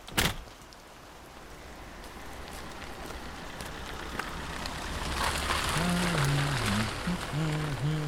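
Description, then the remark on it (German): Steady, dense hiss of rain falling throughout, opening with a sharp thump and swelling slightly louder midway, while a low wavering tonal sound rises and falls over the last few seconds. “Und du bist wirklich nicht mit bei dem Sauwetter? Nein, schon gut. Ich mag Regen.”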